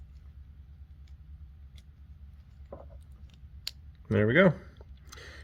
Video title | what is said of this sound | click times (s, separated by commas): Repair Rat chewed connector pigtail wiring | click right into place double check your work make sure you can't pull it out | 3.7 s